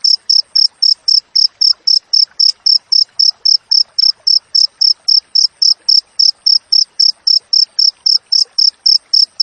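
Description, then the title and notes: Cricket producing a continuous series of sharp, high-pitched chirps, tightly and evenly spaced at about four per second. Clear wild cricket chirping with tight spacing, intended as tutor audio for training songbirds and for repelling rats. "Masteran Jangkrik Alam Jernih, Jeda Rapat Cocok Untuk Masteran Burung Dan Mengusir Tikus. suara jangkrik"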